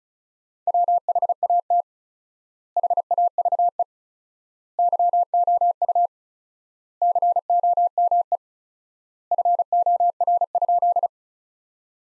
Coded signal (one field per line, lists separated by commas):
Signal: Morse code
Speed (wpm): 36 wpm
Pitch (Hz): 700 Hz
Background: none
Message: WHAT HAVE YOU COME FOR?